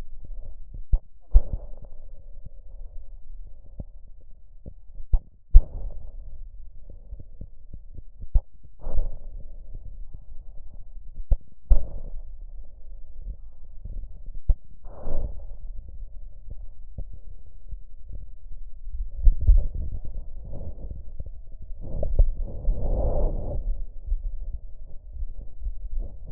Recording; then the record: lung sounds by stethoscope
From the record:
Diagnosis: emphysema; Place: left posterior upper chest